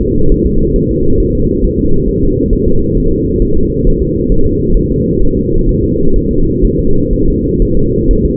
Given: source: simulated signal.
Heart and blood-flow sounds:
fetal heart sounds
0.02 s: S2
0.32 s: S1
0.46 s: S2
0.76 s: S1
0.91 s: S2
1.20 s: S1
1.35 s: S2
1.64 s: S1
1.79 s: S2
2.09 s: S1
2.23 s: S2
2.53 s: S1
2.68 s: S2
2.98 s: S1
3.12 s: S2
3.42 s: S1
3.57 s: S2
3.87 s: S1
4.02 s: S2
4.32 s: S1
4.47 s: S2
4.77 s: S1
4.92 s: S2
5.22 s: S1
5.37 s: S2
5.69 s: S1
5.84 s: S2
6.16 s: S1
6.31 s: S2
6.65 s: S1
6.79 s: S2
7.13 s: S1
7.28 s: S2
7.62 s: S1
7.77 s: S2
8.11 s: S1
8.26 s: S2
From the record:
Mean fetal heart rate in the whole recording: 130 bpm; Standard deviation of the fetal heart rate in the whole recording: 4 bpm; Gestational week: 38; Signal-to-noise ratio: -17.7 dB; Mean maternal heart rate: 72 bpm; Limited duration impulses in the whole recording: present

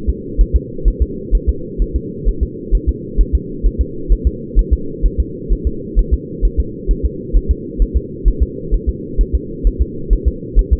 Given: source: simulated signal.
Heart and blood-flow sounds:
fetal heart sounds
0.09 s: S2
0.41 s: S1
0.56 s: S2
0.88 s: S1
1.02 s: S2
1.35 s: S1
1.49 s: S2
1.82 s: S1
1.96 s: S2
2.29 s: S1
2.43 s: S2
2.75 s: S1
2.89 s: S2
3.21 s: S1
3.35 s: S2
3.66 s: S1
3.81 s: S2
4.12 s: S1
4.27 s: S2
4.59 s: S1
4.73 s: S2
5.06 s: S1
5.20 s: S2
5.52 s: S1
5.67 s: S2
5.99 s: S1
6.14 s: S2
6.45 s: S1
6.60 s: S2
6.91 s: S1
7.05 s: S2
7.36 s: S1
7.51 s: S2
7.82 s: S1
7.97 s: S2
8.28 s: S1
8.43 s: S2
8.74 s: S1
8.89 s: S2
9.21 s: S1
9.35 s: S2
9.67 s: S1
9.82 s: S2
10.13 s: S1
10.28 s: S2
10.59 s: S1
10.73 s: S2
From the record:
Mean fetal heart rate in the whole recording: 130 bpm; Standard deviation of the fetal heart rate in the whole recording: 2 bpm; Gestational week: 36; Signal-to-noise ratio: -4.3 dB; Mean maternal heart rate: 72 bpm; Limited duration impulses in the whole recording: absent

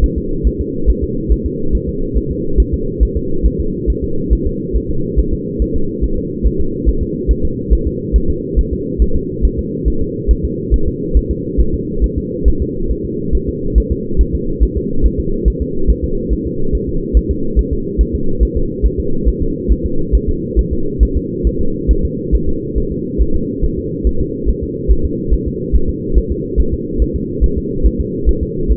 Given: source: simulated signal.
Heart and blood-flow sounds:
fetal heart sounds
0.04 s: S1
0.18 s: S2
0.47 s: S1
0.61 s: S2
0.90 s: S1
1.04 s: S2
1.32 s: S1
1.46 s: S2
1.75 s: S1
1.89 s: S2
2.17 s: S1
2.31 s: S2
2.60 s: S1
2.74 s: S2
3.03 s: S1
3.17 s: S2
3.46 s: S1
3.60 s: S2
3.90 s: S1
4.04 s: S2
4.33 s: S1
4.47 s: S2
4.76 s: S1
4.91 s: S2
5.19 s: S1
5.33 s: S2
5.62 s: S1
5.76 s: S2
6.04 s: S1
6.18 s: S2
6.46 s: S1
6.61 s: S2
6.89 s: S1
7.03 s: S2
7.31 s: S1
7.45 s: S2
7.73 s: S1
7.87 s: S2
8.16 s: S1
8.30 s: S2
8.59 s: S1
8.73 s: S2
9.02 s: S1
9.16 s: S2
9.45 s: S1
9.59 s: S2
9.88 s: S1
10.02 s: S2
10.31 s: S1
10.45 s: S2
10.74 s: S1
10.88 s: S2
11.17 s: S1
11.31 s: S2
11.61 s: S1
11.74 s: S2
12.04 s: S1
12.18 s: S2
12.48 s: S1
12.62 s: S2
12.91 s: S1
13.05 s: S2
13.35 s: S1
13.49 s: S2
13.78 s: S1
13.92 s: S2
14.21 s: S1
14.35 s: S2
14.63 s: S1
14.77 s: S2
15.06 s: S1
15.20 s: S2
15.48 s: S1
15.62 s: S2
15.90 s: S1
16.04 s: S2
16.33 s: S1
16.47 s: S2
16.75 s: S1
16.89 s: S2
17.17 s: S1
17.31 s: S2
17.59 s: S1
17.73 s: S2
18.01 s: S1
18.15 s: S2
18.43 s: S1
18.57 s: S2
18.86 s: S1
19.00 s: S2
19.28 s: S1
19.42 s: S2
19.72 s: S1
19.86 s: S2
20.15 s: S1
20.29 s: S2
20.59 s: S1
20.73 s: S2
21.03 s: S1
21.17 s: S2
21.47 s: S1
21.61 s: S2
21.91 s: S1
22.05 s: S2
22.35 s: S1
22.49 s: S2
22.78 s: S1
22.92 s: S2
23.22 s: S1
23.36 s: S2
23.64 s: S1
23.79 s: S2
24.07 s: S1
24.21 s: S2
24.49 s: S1
24.63 s: S2
24.91 s: S1
25.05 s: S2
25.34 s: S1
25.48 s: S2
25.75 s: S1
25.89 s: S2
26.18 s: S1
26.32 s: S2
26.60 s: S1
26.74 s: S2
27.02 s: S1
27.16 s: S2
27.44 s: S1
27.58 s: S2
27.86 s: S1
28.00 s: S2
28.29 s: S1
28.43 s: S2
28.71 s: S1
From the record:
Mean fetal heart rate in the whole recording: 140 bpm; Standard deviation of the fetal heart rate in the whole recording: 2 bpm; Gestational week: 34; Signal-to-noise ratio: -8.1 dB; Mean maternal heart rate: 72 bpm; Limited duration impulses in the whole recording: absent

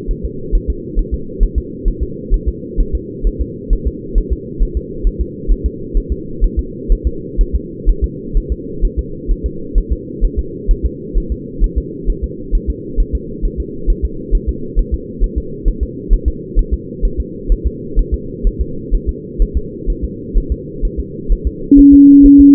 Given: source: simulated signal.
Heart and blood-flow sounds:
fetal heart sounds
0.11 s: S1
0.25 s: S2
0.55 s: S1
0.70 s: S2
0.99 s: S1
1.14 s: S2
1.43 s: S1
1.58 s: S2
1.88 s: S1
2.03 s: S2
2.34 s: S1
2.49 s: S2
2.80 s: S1
2.95 s: S2
3.27 s: S1
3.41 s: S2
3.73 s: S1
3.87 s: S2
4.18 s: S1
4.33 s: S2
4.62 s: S1
4.77 s: S2
5.07 s: S1
5.21 s: S2
5.52 s: S1
5.66 s: S2
5.97 s: S1
6.12 s: S2
6.44 s: S1
6.59 s: S2
6.92 s: S1
7.07 s: S2
7.41 s: S1
7.56 s: S2
7.90 s: S1
8.04 s: S2
8.37 s: S1
8.52 s: S2
8.85 s: S1
8.99 s: S2
9.31 s: S1
9.46 s: S2
9.78 s: S1
9.93 s: S2
10.25 s: S1
10.39 s: S2
10.71 s: S1
10.86 s: S2
11.17 s: S1
11.32 s: S2
11.64 s: S1
11.78 s: S2
12.10 s: S1
12.24 s: S2
12.55 s: S1
12.70 s: S2
13.00 s: S1
13.15 s: S2
13.45 s: S1
13.60 s: S2
13.90 s: S1
14.05 s: S2
14.35 s: S1
14.49 s: S2
14.79 s: S1
14.94 s: S2
15.24 s: S1
15.38 s: S2
15.68 s: S1
15.83 s: S2
16.13 s: S1
16.28 s: S2
16.59 s: S1
16.73 s: S2
17.05 s: S1
17.20 s: S2
17.52 s: S1
17.66 s: S2
17.99 s: S1
18.14 s: S2
18.47 s: S1
18.61 s: S2
18.95 s: S1
19.09 s: S2
19.42 s: S1
19.57 s: S2
19.90 s: S1
20.04 s: S2
20.38 s: S1
20.52 s: S2
20.85 s: S1
21.00 s: S2
21.32 s: S1
21.47 s: S2
21.79 s: S1
21.94 s: S2
22.26 s: S1
22.40 s: S2
From the record:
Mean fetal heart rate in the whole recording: 130 bpm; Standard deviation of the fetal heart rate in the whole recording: 4 bpm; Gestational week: 38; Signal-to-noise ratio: -4.3 dB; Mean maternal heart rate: 72 bpm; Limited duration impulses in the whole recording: present

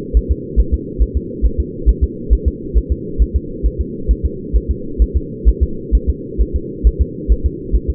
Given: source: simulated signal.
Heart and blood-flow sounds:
fetal heart sounds
0.17 s: S1
0.31 s: S2
0.60 s: S1
0.74 s: S2
1.02 s: S1
1.17 s: S2
1.46 s: S1
1.60 s: S2
1.89 s: S1
2.04 s: S2
2.33 s: S1
2.48 s: S2
2.77 s: S1
2.92 s: S2
3.22 s: S1
3.36 s: S2
3.66 s: S1
3.81 s: S2
4.11 s: S1
4.25 s: S2
4.56 s: S1
4.71 s: S2
5.02 s: S1
5.16 s: S2
5.49 s: S1
5.63 s: S2
5.95 s: S1
6.09 s: S2
6.41 s: S1
6.56 s: S2
6.87 s: S1
7.01 s: S2
7.32 s: S1
7.46 s: S2
7.75 s: S1
7.90 s: S2
From the record:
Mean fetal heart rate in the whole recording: 135 bpm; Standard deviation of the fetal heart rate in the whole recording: 3 bpm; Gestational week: 34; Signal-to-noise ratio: -4.3 dB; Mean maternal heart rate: 72 bpm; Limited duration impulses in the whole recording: absent

